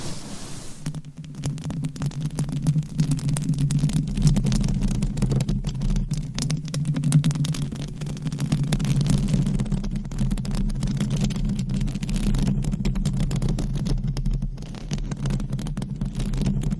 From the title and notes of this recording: Mic Scratching Battle with 100 Different MICS ! Bare VS Foam VS Fluffy Covers. No Talking.